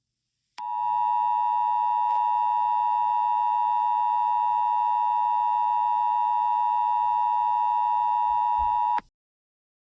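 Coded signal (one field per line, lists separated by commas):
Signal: Emergency Alert System (SAME) tones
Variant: 853 and 960 Hz attention tone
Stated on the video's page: Fictional EAS scenario; tones are part of a made-up alert, not a real broadcast.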